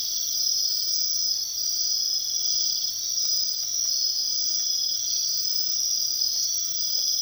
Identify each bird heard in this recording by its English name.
none